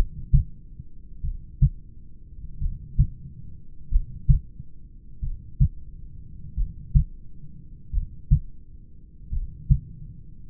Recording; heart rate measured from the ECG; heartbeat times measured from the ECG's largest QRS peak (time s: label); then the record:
heart sounds by stethoscope; 45 bpm
1.26 s: heartbeat
2.64 s: heartbeat
3.94 s: heartbeat
5.25 s: heartbeat
6.60 s: heartbeat
7.96 s: heartbeat
9.35 s: heartbeat
From the record:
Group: heart failure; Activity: rest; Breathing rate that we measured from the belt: 18 breaths a minute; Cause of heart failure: familial cardiomyopathy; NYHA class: 1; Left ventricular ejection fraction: 49%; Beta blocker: bisoprolol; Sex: male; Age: 31 years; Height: 194 cm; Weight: 96 kg